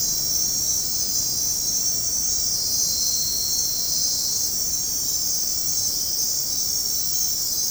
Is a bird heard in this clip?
no